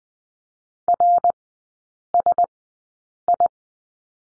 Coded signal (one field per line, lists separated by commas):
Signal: Morse code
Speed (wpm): 19 wpm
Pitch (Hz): 700 Hz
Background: none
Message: RSI